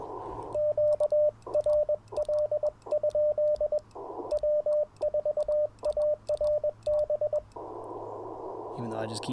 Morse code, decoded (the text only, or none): QRL? W4ARB